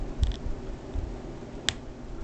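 A stiff plastic transformation joint on an action figure is pushed until it clicks into place at 1.7 s with one sharp, bright snap. Softer rustling and handling sounds come before it, around 0.2–0.3 s, and no one speaks. The part is seated.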